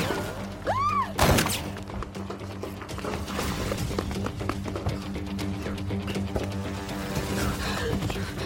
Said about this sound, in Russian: По машине открывают огонь.